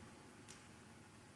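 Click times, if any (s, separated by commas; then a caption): 0.5 s. A slide lock on a pair of kitchen tongs is worked to open them. A short, sharp tick from the slide lock clicking open is heard at 0.5 s over steady background noise, and the tongs are released.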